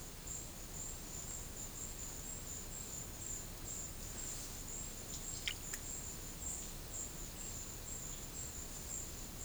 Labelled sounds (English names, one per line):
none